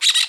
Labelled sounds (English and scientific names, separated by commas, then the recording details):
Brown-throated Parakeet (Eupsittula pertinax) contact call
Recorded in Margarita
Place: Rd. to Arenera, R. El Muco
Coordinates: 10.983, -64.362